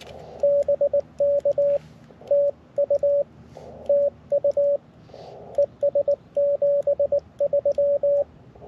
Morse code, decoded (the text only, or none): BK TU TU ES 73